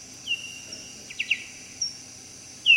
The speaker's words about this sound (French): Il y a un cri à 55 kHz qui est un cri d'écolocation, le sonar de la pipistrelle. Et on a un cri vers 25-30 kHz qui est un sonar, un cri d'écolocation de la noctule. Donc là, on entend les trois en même temps.